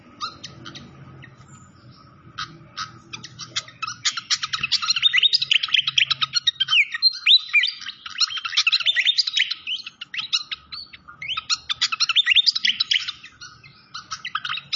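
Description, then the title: Malaysian pied fantail singing a long, dense run of twittering and chattering notes that swells and briefly dips, with soft low rumbling early on. Training (masteran) song with a clear voice, mixed with the sound of gurgling water. "Masteran Sikatan Kipas Suara Jernih Dan Suara Gemericik Air"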